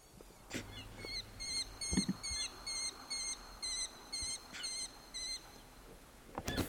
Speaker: That is the sound of an American kestrel.